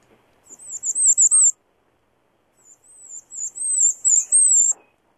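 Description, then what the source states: Bay-breasted Warbler song: very high, thin wavering notes in two short series, the second longer. Often confused with the Black-and-white Warbler song.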